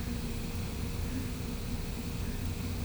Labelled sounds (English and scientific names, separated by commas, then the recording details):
none
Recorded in pastures near Puerto Asís, Putumayo, Colombia, on 20 December 2024 at 10:30
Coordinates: 0.505, -76.324
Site G063